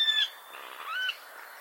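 Bird calling with clear whistled notes: a short level whistle with a higher overtone, then a smooth rising-and-levelling whistle.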